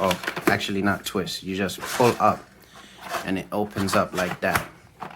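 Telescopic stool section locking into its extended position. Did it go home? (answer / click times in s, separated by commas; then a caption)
no / none. Someone talks while pulling up on the finger holes of a plastic telescopic stool to extend it, with soft handling noises and a short sharp tap near 5.0 s. The stool sections have not locked into their extended position yet, and nothing has seated or clicked.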